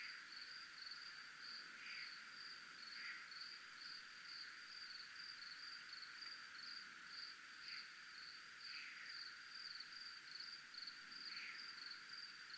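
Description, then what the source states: Cricket giving a thin, unbroken high trill throughout, with occasional faint buzzy bursts in the background. Recorded in a military zone (zona militar).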